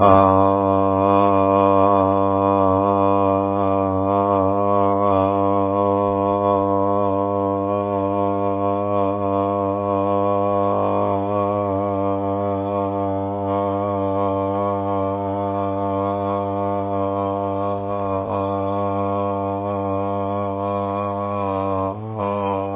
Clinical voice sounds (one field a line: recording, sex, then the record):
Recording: sustained vowel /a/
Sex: male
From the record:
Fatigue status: no fatigue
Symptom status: symptomatic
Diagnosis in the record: COVID-19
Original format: 3gp